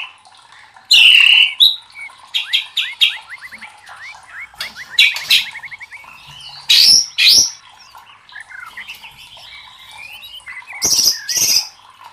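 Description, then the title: White-rumped shama song: loud harsh bursts alternating with fast series of rising whistled notes and softer twittering phrases. Training recording (masteran) used to teach song to caged birds; titled labaik. "MASTERAN MURAI BATU LABAIK"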